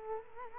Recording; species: mosquito wingbeat signal from an infrared sensor; Culex quinquefasciatus